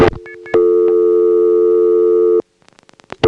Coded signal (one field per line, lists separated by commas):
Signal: telephone call progress tone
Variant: North America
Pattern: dial tone